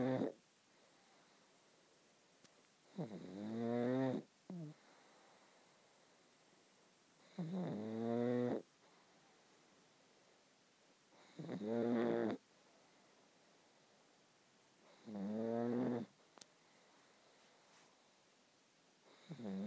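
A pug snoring, with loud rasping snores recurring about every four seconds, roughly 16 per minute, and quiet pauses between them.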